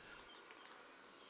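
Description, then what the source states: Short-toed treecreeper song: a high, thin run of joined whistled notes lasting about a second, dipping slightly and then rising toward the end. Climbs tree trunks while giving its little song, nearly always the same, ending on a questioning tone.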